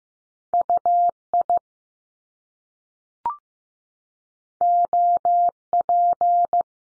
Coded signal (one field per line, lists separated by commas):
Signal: Morse code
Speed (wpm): 15 wpm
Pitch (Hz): 700 Hz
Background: none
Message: U IO P